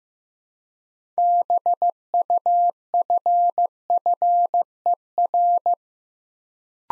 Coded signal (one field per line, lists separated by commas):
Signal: Morse code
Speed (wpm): 15 wpm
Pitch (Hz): 700 Hz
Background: none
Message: BUFFER